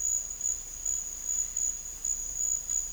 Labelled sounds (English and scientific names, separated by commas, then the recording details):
none
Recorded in dense forest near Puerto Asís, Putumayo, Colombia, on 18 December 2024 at 11:00
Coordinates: 0.484, -76.325
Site G056